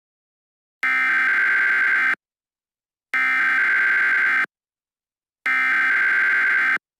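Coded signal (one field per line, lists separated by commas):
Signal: Emergency Alert System (SAME) tones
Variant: header bursts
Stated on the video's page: Fictional virus outbreak EAS scenario, made as a college project.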